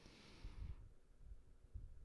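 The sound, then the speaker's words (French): Soft rushing air from an electric fan running in a very hot studio, with a faint hiss that fades early and low, irregular thumps of air buffeting the microphone. No one speaks. “Ça, c'est le vent de mon ventilateur parce qu'il fait actuellement très, très, très, très, très, très chaud dans mon studio.”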